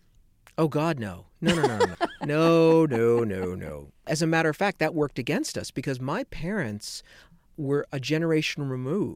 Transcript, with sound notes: Oh, God, no, no, no, no, no.
(Laughter).
No, no, no, no. As a matter of fact, that worked against us because my parents were a generation removed.